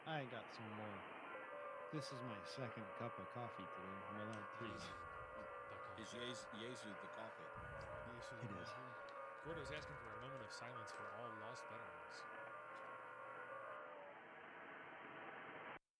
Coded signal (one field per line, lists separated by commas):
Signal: FT8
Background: speech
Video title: 11-11-2021 Thursday Evening FT8 Off Live Stream